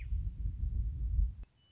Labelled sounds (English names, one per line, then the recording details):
Western Meadowlark
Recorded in Sonoma County, California